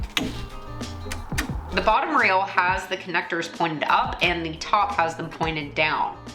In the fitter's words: you can typically hear a click when it's seated all the way